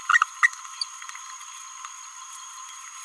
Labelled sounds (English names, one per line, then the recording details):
Green-rumped Parrotlet babbling
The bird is a male
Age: 29 days
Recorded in a nest box in Venezuela
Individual 17B31A1